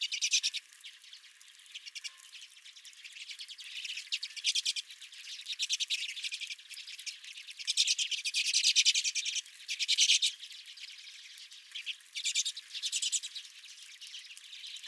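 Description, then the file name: Redpolls twittering continuously in high, dry trills, with repeated louder bursts over a soft background chatter. Redpolls calling at the recordist's feeder. "Redpolls at My Feeder"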